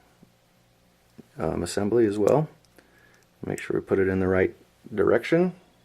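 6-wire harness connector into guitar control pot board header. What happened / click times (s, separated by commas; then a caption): The connector is being lined up; nothing has seated yet / none. A 6-wire connector on a guitar control harness is lined up in the right direction for its header on the control pot board while someone talks. A few faint ticks are heard between phrases, but nothing has seated or clicked yet; it has to snap in to be in place.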